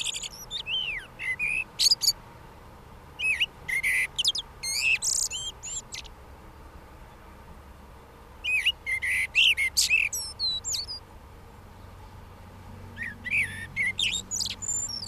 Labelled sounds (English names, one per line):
Common Blackbird song